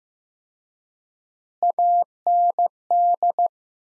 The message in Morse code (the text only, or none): AND